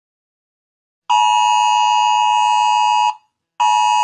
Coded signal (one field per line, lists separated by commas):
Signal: Emergency Alert System (SAME) tones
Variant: 853 and 960 Hz attention tone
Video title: EAS Scenario - The Warden (2/12)